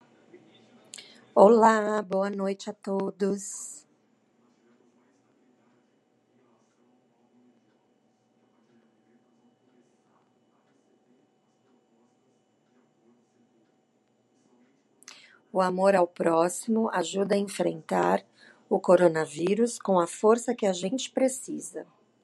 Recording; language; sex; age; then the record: spoken sentence; Brazilian Portuguese; female; 50 to 59 years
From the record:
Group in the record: control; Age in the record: 52 years